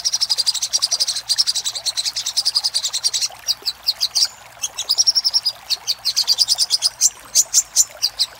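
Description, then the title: Little spiderhunter song of rapid, high-pitched repeated chip notes in a dense opening burst, then more spaced notes with brief gaps. Master recording used to train caged birds; local Indonesian name Sogok Ontong. "Masteran Burung Sogok Ontong Labaik"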